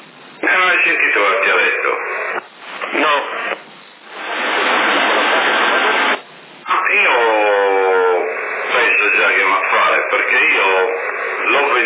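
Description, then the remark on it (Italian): A CB radio test transmission: band-limited voice transmissions crackle through, a man talking in bursts, with a stretch of hissing static in the middle and a warbling, echoing ring from an echo effect on the speech. “ce l'ho qua un testaggio uguale, solo il MB più 9 è uguale all'MB più 5, ma c'ha l'eco questo.”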